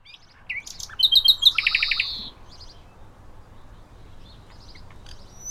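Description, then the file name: Common nightingale song phrase: a few sharp notes, a quick burst of bright chirps, then a buzzy sustained note over a fast rattling trill, fading into quiet. "Luscinia megarhynchos"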